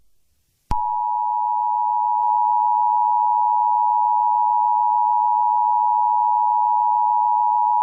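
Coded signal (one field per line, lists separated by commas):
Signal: Emergency Alert System (SAME) tones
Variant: 853 and 960 Hz attention tone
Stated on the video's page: Comedy Emergency Alert System alert about a drunken Santa.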